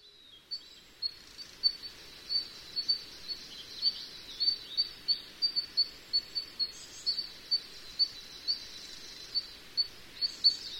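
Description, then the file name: Sakhalin leaf warbler song: thin, very high notes repeated steadily over a faint hiss. "ezomushikui"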